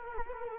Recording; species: mosquito wingbeat signal from an infrared sensor; Culex quinquefasciatus